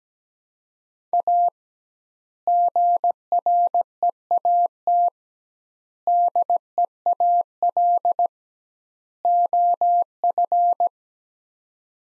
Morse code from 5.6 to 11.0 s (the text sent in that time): DEAL OF